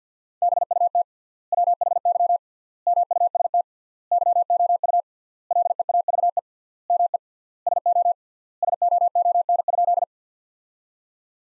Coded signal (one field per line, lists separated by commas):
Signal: Morse code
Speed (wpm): 50 wpm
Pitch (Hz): 700 Hz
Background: none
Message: BUT WHY MUST YOU LEAVE ME SO SOON?